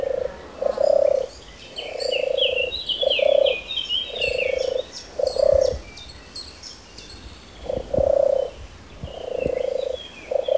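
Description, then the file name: European turtle dove purring call: deep rolling purrs in short phrases, often paired, repeated several times with brief gaps, while small birds chirp and twitter higher in the background. "rola brava"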